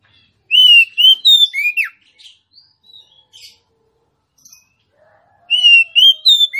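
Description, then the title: Oriental magpie-robin song with a loud whistled phrase of rising and sharply falling notes, a pause of faint chips, then the whistles again. Female Oriental magpie-robin song, used to provoke a male that has stopped singing into singing and fighting; continuous full-volume song style. "Kacer Langsung Tarung Konslet KACER NGOTOT FULL TEMBAKAN. Suara kacer betinamemancing kacer jantan yg macet bunyi"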